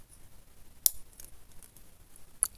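A stainless-steel ultrasonic piezo disk is pressed into its plastic holder on a 4-head ultrasonic water atomiser module. Two sharp clicks sound at 0.9 s and 2.4 s against faint background noise. The disk only partly clicks into place.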